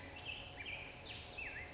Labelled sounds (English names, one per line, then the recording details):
Black-headed Grosbeak
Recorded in Sonoma County, California